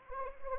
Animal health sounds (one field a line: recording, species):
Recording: mosquito wingbeat signal from an infrared sensor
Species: Anopheles arabiensis